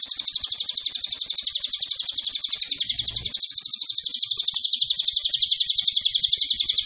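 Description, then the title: Cililin producing one long, unbroken high trill of quick, regular pulses that grows slightly louder partway through. Recording used as a tutor (masteran) or lure (pancingan) for Cililin birds. "MASTERAN SUARA BURUNG CILILIN BISA JUGA PANCINGAN CILILIN"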